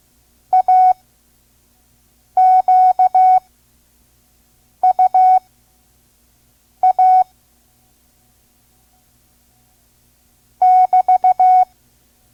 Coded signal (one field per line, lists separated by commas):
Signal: Morse code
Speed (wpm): 16 wpm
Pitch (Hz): 740 Hz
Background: none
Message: AQUA <BT>